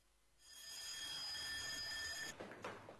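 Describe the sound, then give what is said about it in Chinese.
An electric bell sounding an emergency assembly for troops of the Armed Police Heilongjiang Corps mobile detachment on New Year's Eve rings loudly and continuously for about two seconds, a steady metallic clatter with bright high tones, then cuts off, leaving a few faint clanks and background noise. “正在进行节日文体活动的武警黑龙江总队机动支队官兵听到了紧急集合的电铃声，千余名官兵迅速领取装具”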